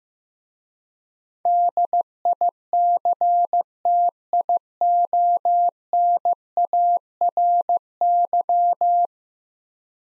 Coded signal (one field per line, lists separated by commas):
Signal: Morse code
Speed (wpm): 15 wpm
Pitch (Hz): 700 Hz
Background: none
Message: DICTIONARY